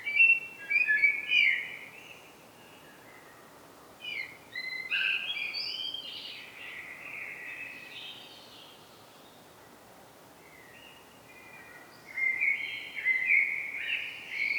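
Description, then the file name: Common blackbird song in three separate mellow warbled phrases, some slurred and broken, with long quiet gaps between them. "Turdus merula"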